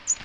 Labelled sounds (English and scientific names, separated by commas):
American Redstart (Setophaga ruticilla) flight call